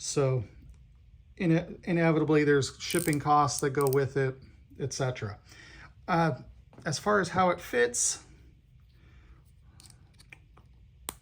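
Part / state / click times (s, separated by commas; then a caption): nano socket onto ratchet drive / seated / 11.1 s. Someone talks while a small metric nano socket is fitted onto its 1/4 in ratchet drive tool, with faint clicking and handling sounds near the end. A sharp snap at 11.1 s marks the socket popping into place and seating on the drive.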